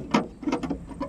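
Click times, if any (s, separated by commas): none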